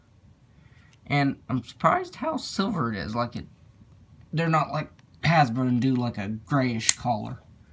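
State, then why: Not seated. Someone talks while handling an interchangeable plastic hand for an action figure, about to push it onto the figure's wrist peg. Nothing has snapped in or seated yet.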